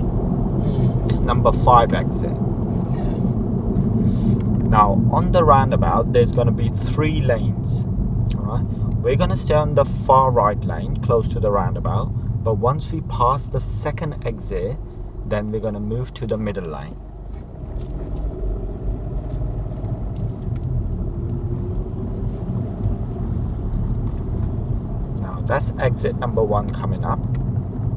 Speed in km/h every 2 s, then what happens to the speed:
55, 45, 34, 27, 24, 15, 6, 0, 11, 19, 26, 32, 34, 34.
0-13 brakes to 0. 13-22 speeds up to 32. 22-28 steady at about 34.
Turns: none.